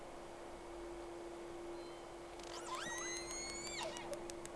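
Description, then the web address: Whale producing one rising, upswept whistle with strong harmonics that levels off and then ends, over constant hiss and a steady low electrical tone. Two whales, recorded on 3 October 2006 at 11:30, recording round 1. "Sea Snake 10-3-06 Whales X 2 11-30 Round 1"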